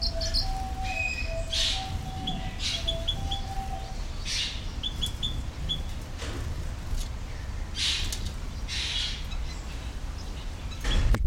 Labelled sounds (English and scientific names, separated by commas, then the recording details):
Orange-breasted Waxbill (Amandava subflava), White-headed Munia (Lonchura maja)
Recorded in captivity
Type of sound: song, call, call sequence, twittering
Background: Lonchura maja
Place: Zoo Berlin, Berlin, DE
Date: 1993-01-16
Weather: heiter, 10-13°C
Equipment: Marantz CP 430, Sennheiser ME 80, Kopie Uher Variocord 263
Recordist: Tembrock, Günter